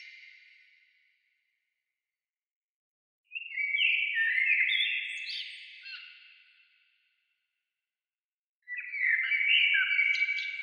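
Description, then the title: Bird singing varied, twittering phrases several seconds long, bright and fast-changing in pitch, with silent gaps between them. "Oiseaux"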